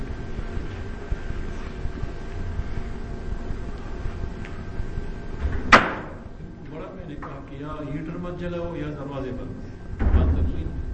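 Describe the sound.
A door shuts with one sharp, loud thud midway through a steady low rumble of background noise, and voices carry on talking afterward.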